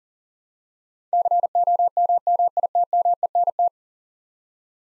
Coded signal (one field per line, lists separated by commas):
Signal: Morse code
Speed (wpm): 39 wpm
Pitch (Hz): 700 Hz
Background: none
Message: COMMITMENT